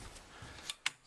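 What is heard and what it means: A stern frame part is pressed into the cross-frame clip of a Folbot Greenland II folding kayak during assembly. After faint low rustling and a smaller tick at 0.7 s, a sharp, bright snap at 0.9 s marks the part seating in its clip.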